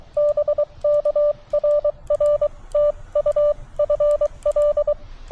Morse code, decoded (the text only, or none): BK RR TU FL